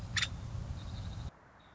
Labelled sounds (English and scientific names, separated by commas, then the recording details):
Nuttall's Woodpecker (Dryobates nuttallii)
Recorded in Sonoma County, California